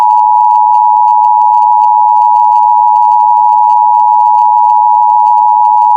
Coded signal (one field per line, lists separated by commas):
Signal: Emergency Alert System (SAME) tones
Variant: 853 and 960 Hz attention tone